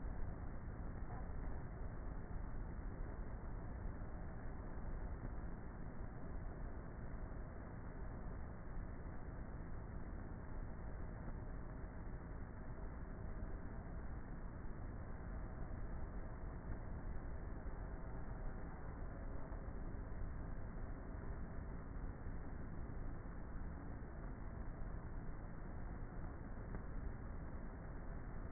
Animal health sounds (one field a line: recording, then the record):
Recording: honeybee colony, microphone inside the hive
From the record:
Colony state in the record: queenless with a low population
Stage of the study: before two queens were removed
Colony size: about 30,000 bees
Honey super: no